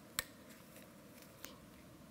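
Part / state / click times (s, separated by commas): wiring harness connector into a turn-signal repeater light / seated / 0.2 s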